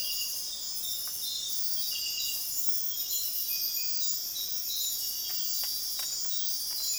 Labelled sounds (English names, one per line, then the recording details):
none
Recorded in dense forest near Puerto Asís, Putumayo, Colombia, on 21 February 2024 at 05:30
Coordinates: 0.502, -76.326
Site G6460